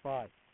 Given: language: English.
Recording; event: throat vibration sensor signal played as sound; speech